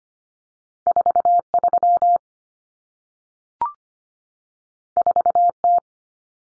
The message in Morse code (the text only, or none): 43 4T